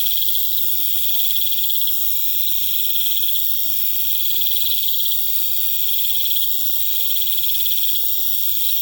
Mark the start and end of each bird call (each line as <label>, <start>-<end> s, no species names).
bird call, 1.05-1.36 s